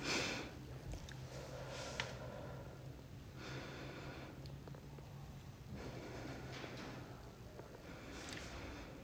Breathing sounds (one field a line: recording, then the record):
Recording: deep breathing after running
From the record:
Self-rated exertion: very light exertion (1 of 6)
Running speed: 5 miles an hour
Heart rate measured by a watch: 93 beats a minute at the start, 96 at the end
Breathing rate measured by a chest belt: 17 breaths a minute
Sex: female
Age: 58 years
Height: 160 cm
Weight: 52 kg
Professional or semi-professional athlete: no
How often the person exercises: over 5 times a week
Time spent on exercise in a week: over 5 hours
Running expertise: no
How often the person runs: 3 to 5 times a week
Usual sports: running, swimming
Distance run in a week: 30 miles